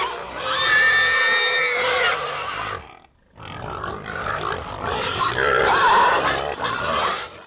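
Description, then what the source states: Pigs screaming and grunting as a herd, a long harmonic squeal at first, then a short pause and a dense mix of overlapping grunts and shrill cries. A herd of many pigs grunting and screaming.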